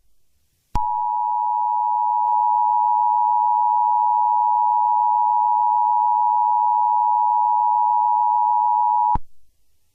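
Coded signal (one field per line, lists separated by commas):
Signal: Emergency Alert System (SAME) tones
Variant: 853 and 960 Hz attention tone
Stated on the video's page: Fictional EAS scenario, not a real alert.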